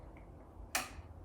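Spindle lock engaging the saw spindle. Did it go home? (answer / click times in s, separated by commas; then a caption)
yes / 0.8 s. The spindle lock on a cordless circular saw is engaged for a blade change, giving a single sharp click at 0.8 s that confirms it has seated. Apart from a faint tick at 0.2 s, the rest is quiet low hum.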